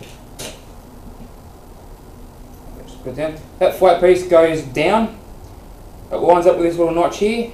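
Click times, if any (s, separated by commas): none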